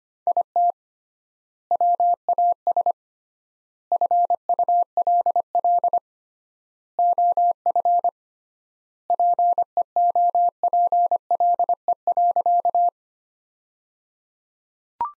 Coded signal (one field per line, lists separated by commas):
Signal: Morse code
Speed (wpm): 25 wpm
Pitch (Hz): 700 Hz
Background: none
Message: IT WAS FULL OF PEOPLE.